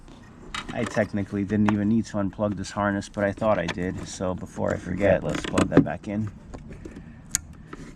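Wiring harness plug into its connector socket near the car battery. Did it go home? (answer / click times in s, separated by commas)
yes / 7.3 s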